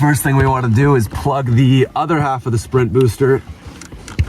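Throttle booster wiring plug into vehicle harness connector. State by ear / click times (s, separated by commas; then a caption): seated / 4.2 s. The other half of a throttle-response booster's plastic wiring connector is plugged into the BMW M5 E60's harness connector behind the dash while someone talks. Speech fills most of the clip, then a few small clicks come at the end, and the connector clicks into place at 4.2 s, seated.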